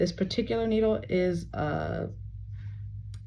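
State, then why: Seated. Someone talks while the catheter of a plastic IV catheter is advanced into the vein and the introducer needle is pulled back out of it. At 3.1 s a short click is heard as the needle's safety guard locks over the tip, seating it in place.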